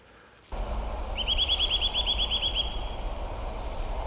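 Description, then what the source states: Eurasian Nuthatch trill: a fast run of about a dozen clear, even, high notes lasting about a second and a half, over a low steady rumble. Calling in a seaside city park in Gdańsk, early March, around midday.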